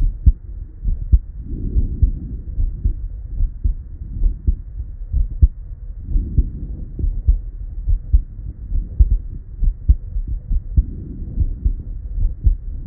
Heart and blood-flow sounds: heart sounds by stethoscope; Erb's point; 69 bpm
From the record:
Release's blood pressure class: elevated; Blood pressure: 122/59 mmHg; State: at rest

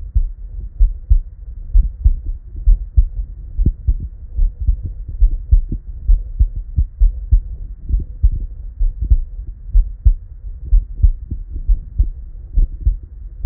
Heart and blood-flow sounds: heart sounds by stethoscope; Erb's point; 67 bpm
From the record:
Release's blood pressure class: elevated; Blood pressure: 120/74 mmHg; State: at rest

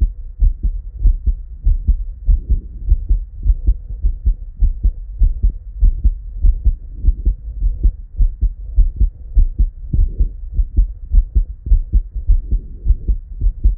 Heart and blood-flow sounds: heart sounds by stethoscope; Erb's point; 98 bpm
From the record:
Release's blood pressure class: hypertension stage 1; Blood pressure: 130/73 mmHg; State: at rest

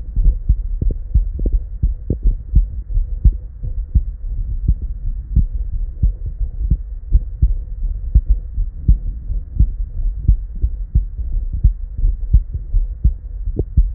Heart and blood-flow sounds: heart sounds by stethoscope; Erb's point; 85 bpm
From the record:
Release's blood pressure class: normal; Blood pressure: 115/67 mmHg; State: at rest

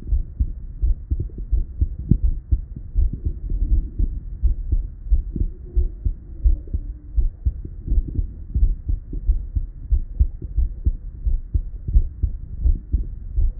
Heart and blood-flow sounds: heart sounds by stethoscope; Erb's point; 84 bpm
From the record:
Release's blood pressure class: hypertension stage 1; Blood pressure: 131/75 mmHg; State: at rest

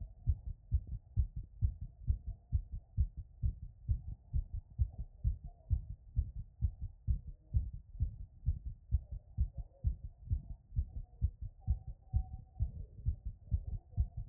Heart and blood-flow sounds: heart sounds by stethoscope; Erb's point; 128 bpm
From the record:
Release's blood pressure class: hypertension stage 1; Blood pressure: 131/63 mmHg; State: after exercise

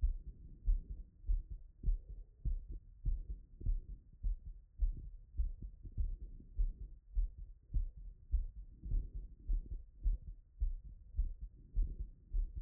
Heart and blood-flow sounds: heart sounds by stethoscope; Erb's point; 103 bpm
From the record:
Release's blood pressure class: hypertension stage 1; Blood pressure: 136/69 mmHg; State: after exercise

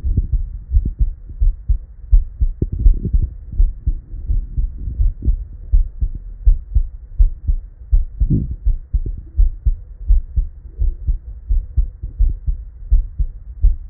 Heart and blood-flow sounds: heart sounds by stethoscope; Erb's point; 82 bpm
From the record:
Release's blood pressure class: normal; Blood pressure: 104/57 mmHg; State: at rest

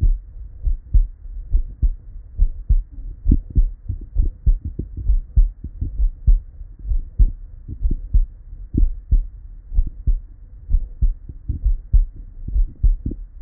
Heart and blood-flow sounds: heart sounds by stethoscope; Erb's point; 65 bpm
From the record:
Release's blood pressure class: normal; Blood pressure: 119/69 mmHg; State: at rest

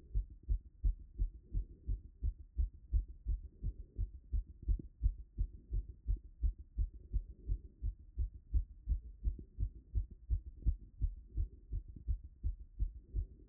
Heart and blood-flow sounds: heart sounds by stethoscope; Erb's point; 167 bpm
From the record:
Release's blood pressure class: hypertension stage 2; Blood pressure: 149/99 mmHg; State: after exercise

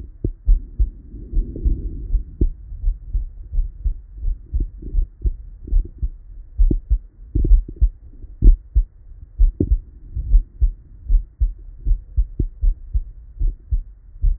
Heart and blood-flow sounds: heart sounds by stethoscope; Erb's point; 64 bpm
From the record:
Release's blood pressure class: hypertension stage 1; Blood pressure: 131/76 mmHg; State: at rest

